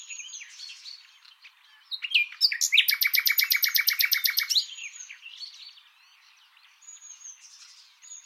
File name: Luscinia megarhynchos